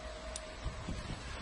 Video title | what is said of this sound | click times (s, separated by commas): How to install a car GPS tracking device system - $119 Includes 2-years of Service | you'll make sure you hear a click and make sure that the connector is pressed down once you know you have a good connection | 0.4 s